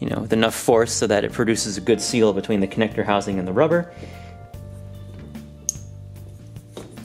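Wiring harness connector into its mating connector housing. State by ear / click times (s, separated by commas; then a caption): seated / 5.7 s. Over background music, someone talks while a sealed engine wiring harness connector with a rubber boot is pushed with some force onto its mating plastic connector housing during a 1UZ engine swap into a Celica RA64. A sharp click at 5.7 s marks the connector latching and seating, though a little of the rubber boot still sticks out afterwards.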